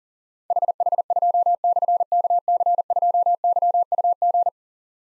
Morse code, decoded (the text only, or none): HH2/KC2YUG